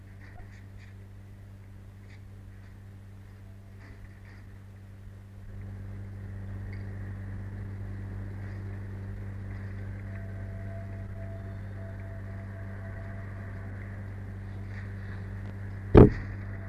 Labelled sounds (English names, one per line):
Arctic Fox